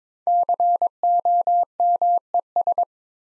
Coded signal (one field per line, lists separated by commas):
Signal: Morse code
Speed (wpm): 22 wpm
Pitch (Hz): 700 Hz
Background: none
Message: COMES